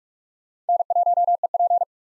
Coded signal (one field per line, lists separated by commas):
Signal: Morse code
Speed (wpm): 56 wpm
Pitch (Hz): 700 Hz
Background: none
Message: N1EP